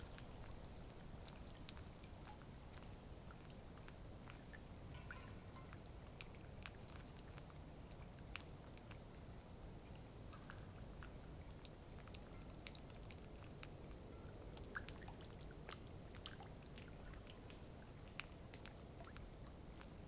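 A cloudy night beside Taylor Lake in the Russian Wilderness, with a steady low rumble and hiss that never changes in level. Scattered small ticks and drips, like light raindrops, land irregularly throughout, a few slightly louder near the middle and end.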